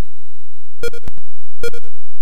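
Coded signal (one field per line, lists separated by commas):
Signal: none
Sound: a game's sound effect beeps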